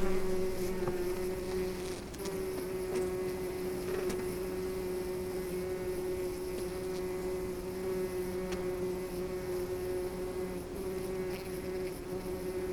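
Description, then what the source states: Bee buzzing, a steady hum with a clear pitched drone and faint clicks scattered through. Bee in flight.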